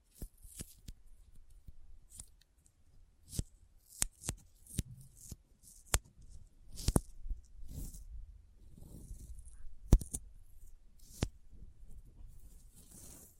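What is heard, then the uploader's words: Sticky fingers peel and snap apart in a run of sharp, irregular clicks, roughly one or two each second, some louder pops near 4, 6 and 10 seconds. Between them come soft smacking, squelching textures and faint hissy rustles, over a low rumble. ASMR Intense Sticky Finger Sounds (No Talking).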